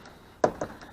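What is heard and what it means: A locking drawer slide on a 4Runner's integrated bed platform is pushed, and its lock engages with a sharp click at 0.4 s, followed by a softer knock at about 0.6 s. The drawer is now locked in the extended (out) position.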